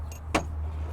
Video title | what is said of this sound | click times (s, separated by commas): Hot Side Boot Kit Install for the 2003-2007 Ford F250/F350, 6.0 Powerstroke | click into place like so | 0.4 s